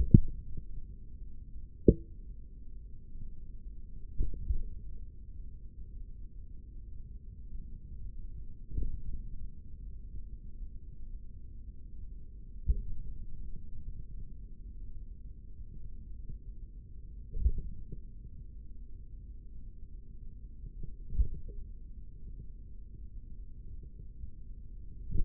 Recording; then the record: forearm muscle sounds (acoustic myography)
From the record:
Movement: finger pinch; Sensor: system 3, bracelet of six PUI Audio POM-2738L microphones around the upper forearm, with dedicated amplification and filtering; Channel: 5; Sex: male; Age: 56 years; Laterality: right